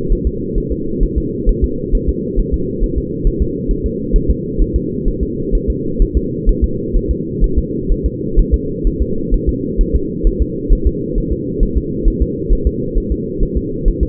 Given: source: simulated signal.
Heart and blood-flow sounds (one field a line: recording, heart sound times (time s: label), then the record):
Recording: fetal heart sounds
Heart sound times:
0.12 s: S1
0.27 s: S2
0.58 s: S1
0.72 s: S2
1.03 s: S1
1.18 s: S2
1.49 s: S1
1.64 s: S2
1.95 s: S1
2.09 s: S2
2.39 s: S1
2.54 s: S2
2.83 s: S1
2.98 s: S2
3.27 s: S1
3.42 s: S2
3.71 s: S1
3.86 s: S2
4.16 s: S1
4.30 s: S2
4.62 s: S1
4.76 s: S2
5.08 s: S1
5.23 s: S2
5.55 s: S1
5.70 s: S2
6.02 s: S1
6.17 s: S2
6.49 s: S1
6.64 s: S2
6.96 s: S1
7.11 s: S2
7.44 s: S1
7.58 s: S2
7.91 s: S1
8.06 s: S2
8.39 s: S1
8.54 s: S2
8.87 s: S1
9.02 s: S2
9.34 s: S1
9.49 s: S2
9.81 s: S1
9.95 s: S2
10.27 s: S1
10.42 s: S2
10.73 s: S1
10.87 s: S2
11.18 s: S1
11.32 s: S2
11.63 s: S1
11.77 s: S2
12.08 s: S1
12.22 s: S2
12.52 s: S1
12.67 s: S2
12.97 s: S1
13.12 s: S2
13.43 s: S1
13.57 s: S2
13.88 s: S1
14.03 s: S2
From the record:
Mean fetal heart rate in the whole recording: 130 bpm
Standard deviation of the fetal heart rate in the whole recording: 4 bpm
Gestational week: 38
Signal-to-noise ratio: -6.6 dB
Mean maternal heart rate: 72 bpm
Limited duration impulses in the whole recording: present